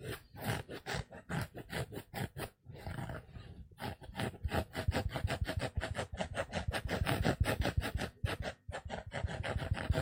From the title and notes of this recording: ASMR Sponge scratch Soft & Rough sounds (No Talking).